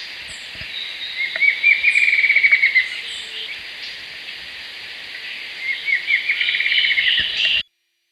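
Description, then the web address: Bird giving rapid trilled calls, a sharp stuttering burst near the start and another toward the end, over steady hiss with faint high chirps. "BIRD SABIOD bird"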